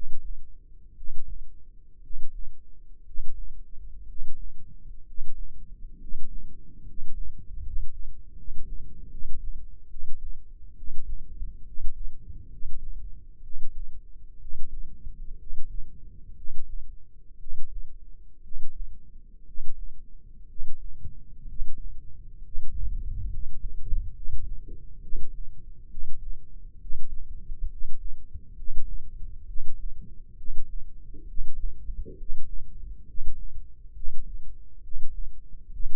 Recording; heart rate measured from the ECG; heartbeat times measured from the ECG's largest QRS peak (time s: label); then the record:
heart sounds by microphone in the left ear; 66 bpm
0.94 s: heartbeat
2.00 s: heartbeat
3.03 s: heartbeat
4.06 s: heartbeat
5.04 s: heartbeat
5.98 s: heartbeat
6.84 s: heartbeat
7.61 s: heartbeat
8.34 s: heartbeat
9.08 s: heartbeat
9.88 s: heartbeat
10.75 s: heartbeat
11.63 s: heartbeat
12.48 s: heartbeat
13.41 s: heartbeat
14.38 s: heartbeat
15.36 s: heartbeat
16.34 s: heartbeat
17.38 s: heartbeat
18.41 s: heartbeat
19.45 s: heartbeat
20.46 s: heartbeat
21.46 s: heartbeat
22.41 s: heartbeat
23.29 s: heartbeat
24.12 s: heartbeat
25.00 s: heartbeat
25.88 s: heartbeat
26.78 s: heartbeat
27.68 s: heartbeat
28.54 s: heartbeat
29.45 s: heartbeat
30.35 s: heartbeat
31.25 s: heartbeat
32.15 s: heartbeat
33.05 s: heartbeat
33.93 s: heartbeat
34.81 s: heartbeat
35.69 s: heartbeat
From the record:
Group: healthy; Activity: rest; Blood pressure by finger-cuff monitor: 130/78 mmHg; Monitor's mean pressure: 93 mmHg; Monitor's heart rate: 66 bpm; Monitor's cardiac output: 7.1 L/min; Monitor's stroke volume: 110 mL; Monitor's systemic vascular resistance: 970 dyn s/cm5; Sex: male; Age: 23 years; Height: 178 cm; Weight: 96.6 kg